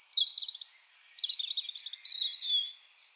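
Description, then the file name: European robin song: three quick phrases of high, trickling, tinkling notes, each a fast run of varied chirps and slides, following closely one after another. "Erithacus rubecula"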